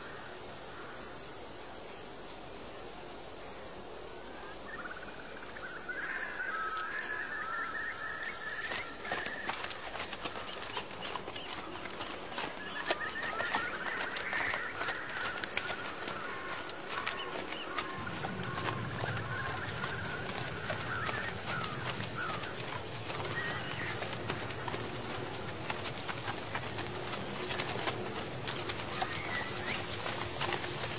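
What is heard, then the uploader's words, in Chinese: Hooves clop along an old path among falling leaves, with birds calling from the hills and a temple bell. A soft steady hiss opens, then dense crackling rustles and clicks build from about six seconds on, with chirps and cooing threaded through, and a low rumble joins after eighteen seconds. 秋天古道夕阳下的马蹄声、落叶声、远处的深山鸟鸣和古寺钟声。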